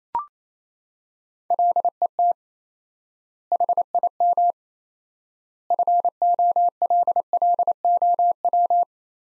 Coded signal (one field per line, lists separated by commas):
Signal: Morse code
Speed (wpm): 28 wpm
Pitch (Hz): 700 Hz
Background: none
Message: LET HIM FOLLOW